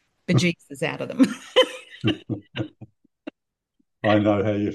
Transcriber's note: laughs